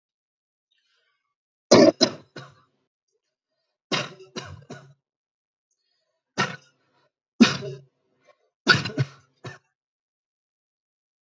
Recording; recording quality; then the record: shallow voluntary cough; excellent, no background noise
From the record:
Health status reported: healthy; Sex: male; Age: 36 years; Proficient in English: yes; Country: India